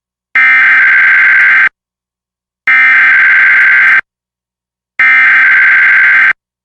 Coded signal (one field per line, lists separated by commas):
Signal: Emergency Alert System (SAME) tones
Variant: header bursts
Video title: EAS #714: EAS Required Monthly Test- Nov. 7, 2022- 10:15AM PST